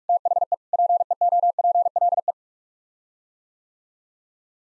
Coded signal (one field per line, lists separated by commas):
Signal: Morse code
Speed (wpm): 42 wpm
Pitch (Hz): 700 Hz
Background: none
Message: THE PEOPLE